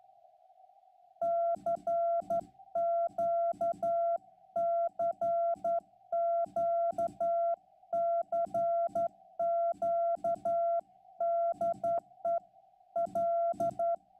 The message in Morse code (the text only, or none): CQ CQ CQ DE L